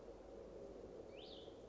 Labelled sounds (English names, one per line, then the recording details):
Cassin's Vireo
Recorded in Sonoma County, California